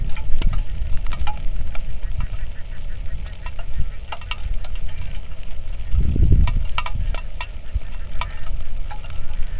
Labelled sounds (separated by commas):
waterfowl, rain